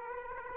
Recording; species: mosquito wingbeat signal from an infrared sensor; Aedes aegypti